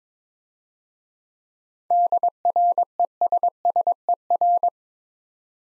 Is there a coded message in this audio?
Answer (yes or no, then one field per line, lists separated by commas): yes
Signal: Morse code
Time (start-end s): 1.9-4.7 s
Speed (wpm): 22 wpm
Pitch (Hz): 700 Hz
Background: none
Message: DRESSER